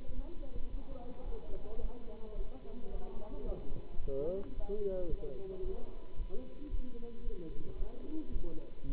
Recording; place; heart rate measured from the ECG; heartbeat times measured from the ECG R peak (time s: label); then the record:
heart sounds by stethoscope; between the tricuspid and mitral areas; 110 bpm
0.13 s: heartbeat
0.68 s: heartbeat
1.23 s: heartbeat
1.79 s: heartbeat
2.34 s: heartbeat
2.89 s: heartbeat
3.44 s: heartbeat
3.99 s: heartbeat
4.53 s: heartbeat
5.07 s: heartbeat
5.61 s: heartbeat
6.15 s: heartbeat
6.68 s: heartbeat
7.22 s: heartbeat
7.75 s: heartbeat
8.30 s: heartbeat
8.84 s: heartbeat
From the record:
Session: Bruce protocol treadmill stress test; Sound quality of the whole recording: good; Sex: male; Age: 26 years